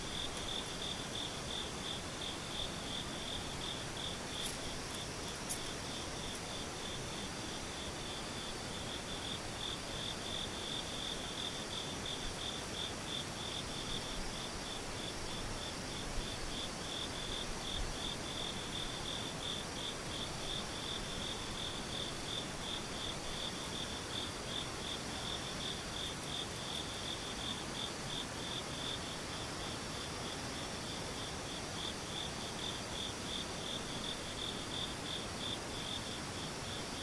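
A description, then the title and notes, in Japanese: A chorus of insects, mostly crickets, trills without pause through the whole recording, a bright, dense pulsing band high in pitch. Beneath it a soft, even hiss stays level, with a couple of brief clicks near five and sixteen seconds. ムシ合唱。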